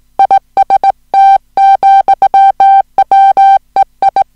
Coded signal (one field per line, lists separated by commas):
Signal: Morse code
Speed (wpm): 18 wpm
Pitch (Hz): 780 Hz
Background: music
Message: IST, WEI